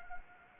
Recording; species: mosquito wingbeat signal from an infrared sensor; Anopheles gambiae